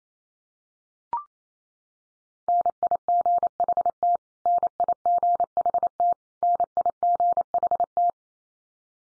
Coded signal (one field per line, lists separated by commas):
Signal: Morse code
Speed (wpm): 28 wpm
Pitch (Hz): 700 Hz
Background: none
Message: NIGHT NIGHT NIGHT